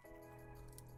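A graphics card is being fitted into a motherboard's PCIe slot after the wrong PCIe brackets were swapped out, with quiet handling noise over a steady tonal hum and a brief sharp tick at 0.8 s. Nothing has seated or clicked into the slot yet.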